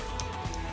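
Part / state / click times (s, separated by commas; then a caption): micro SD card into video doorbell card slot / seated / 0.2 s. A 16 GB micro SD card is pushed into the spring-loaded card slot of a Reco WB-02-720P video doorbell, installed without the batteries, until it latches. A sharp click is heard at 0.2 s, followed by a softer tick at 0.5 s over steady background music with guitar. The card is seated in the slot.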